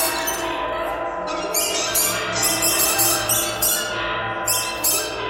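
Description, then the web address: Bird giving buzzy squawks in irregular bursts over a steady background hum. "soundfactory birds birds birds thread buzz all"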